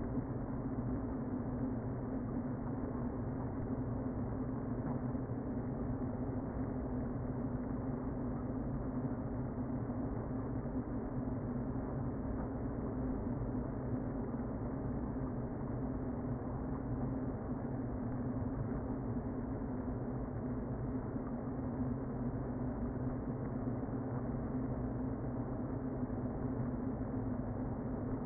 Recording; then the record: honeybee colony, microphone inside the hive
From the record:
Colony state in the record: queen present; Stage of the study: before two queens were removed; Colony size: about 60,000 bees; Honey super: yes